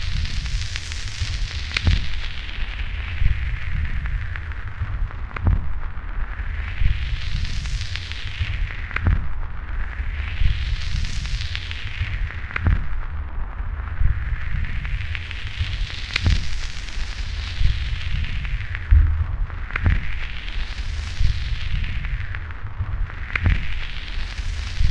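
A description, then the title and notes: Steady record noise: a dense bed of crackle over a constant low rumble, with sharper pops every few seconds. The hiss on top swells brighter and dims again in slow, regular sweeps, about every three to four seconds, while the overall level stays even. Cabin Multitrack Stems-Record Noise.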